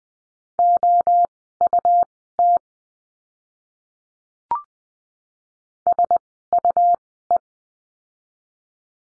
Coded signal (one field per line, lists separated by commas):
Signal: Morse code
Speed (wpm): 20 wpm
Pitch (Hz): 700 Hz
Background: none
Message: OUT SUE